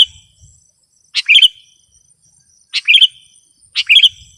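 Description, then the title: Sooty-headed bulbul song: three bright, bubbly phrases, each a quick run of slurred notes, with a steady high whine behind. "kutilang"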